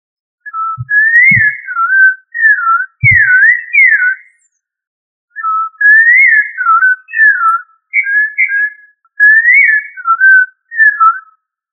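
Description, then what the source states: Thrush singing clear, whistled phrases that rise and fall, repeated in short bursts with brief pauses, plus a few low thumps early on. Thrush family (Turdidae); local name sabiá.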